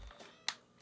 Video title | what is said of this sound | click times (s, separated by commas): IT'S NOT A DOLL HOUSE!!! - Naruto Shippuden S.H. Figuarts Ichiraku Ramen Set Unboxing & Assembly | there we go you's you do feel a little bit of a satisfying click | 0.5 s